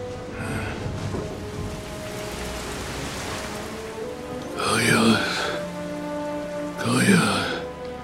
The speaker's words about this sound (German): Ohne dass ein Tropfenfall vorhergegangen wäre, ist der Regen herniedergebrochen.